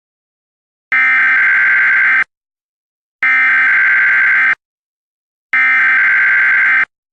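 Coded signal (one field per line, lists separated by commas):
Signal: Emergency Alert System (SAME) tones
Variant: header bursts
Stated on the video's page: Fictional Emergency Alert System scenario with a civil danger warning.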